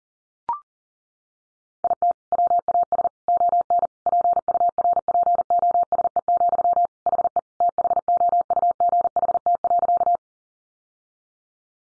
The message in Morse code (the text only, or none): IT WAS ON PURPOSE, HE THOUGHT.